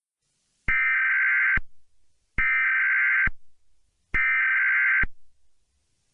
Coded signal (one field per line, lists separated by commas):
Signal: Emergency Alert System (SAME) tones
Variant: header bursts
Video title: EAS Scenario - The Zodiac Killer's Return (Broken Edition)